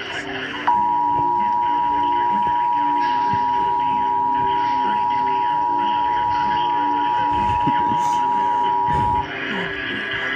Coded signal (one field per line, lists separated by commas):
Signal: Emergency Alert System (SAME) tones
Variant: 853 and 960 Hz attention tone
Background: speech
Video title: Severe Thunderstorm Warning EAS #67